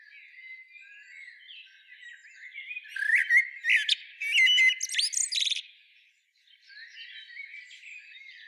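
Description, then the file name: Common blackbird with one energetic phrase of scratchy twitters and whistled slurs lasting about three seconds, framed by softer, quieter sounds. "Turdus merula"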